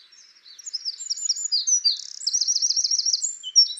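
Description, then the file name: Eurasian wren song: a loud, fast, high-pitched torrent of sharp notes, followed by a rapid rattling run of repeated notes. "Troglodytes troglodytes"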